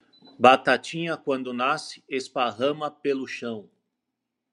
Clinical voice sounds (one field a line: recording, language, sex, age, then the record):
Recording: short text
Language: Brazilian Portuguese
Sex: male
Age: 40 to 49 years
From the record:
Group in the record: control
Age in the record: 48 years